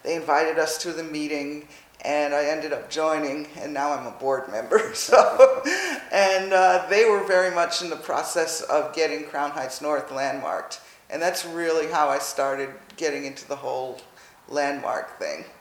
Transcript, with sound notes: They invited us to the meeting, and I ended up joining. Now I’m a board member. [laughs] They were very much in the process of getting Crown Heights North landmarked and that’s really how I started getting into the whole landmark thing.